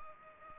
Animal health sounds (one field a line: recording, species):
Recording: mosquito wingbeat signal from an infrared sensor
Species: Culex pipiens